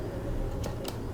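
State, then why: Not seated. A plastic ink cartridge, shaken beforehand, is handled into its slot on a handheld inkjet printer that has been switched off, over a steady low background hum. Brief broadband handling noises are heard around 0.6 s and 0.9 s. Nothing has seated or clicked yet.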